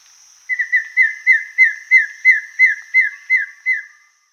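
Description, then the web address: Goeldi's antbird song: a series of about a dozen clear, downslurred whistled notes, quicker at the start, then evenly spaced about three per second. South America. "Natures Songs S America Goeldi's Antbird"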